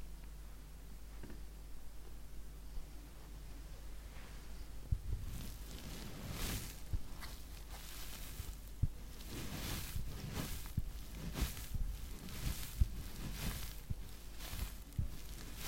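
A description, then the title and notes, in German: A face massage with assorted soft triggers. The first five seconds hold only a faint low hum, then dense, crisp rubbing and brushing strokes begin and continue in uneven bursts, roughly one or two per second, some sharper taps mixed in. Face massage (skincare, personal attention).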